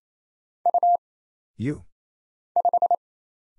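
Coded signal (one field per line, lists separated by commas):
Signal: Morse code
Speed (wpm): 27 wpm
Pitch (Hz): 700 Hz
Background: none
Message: U5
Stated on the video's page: Morse single-character drill at 28 wpm of letters, numbers, punctuation and prosigns for instant character recognition, each character sent twice.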